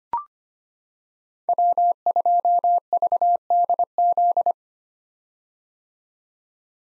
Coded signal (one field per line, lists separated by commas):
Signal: Morse code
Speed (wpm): 25 wpm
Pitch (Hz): 700 Hz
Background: none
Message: W2VDZ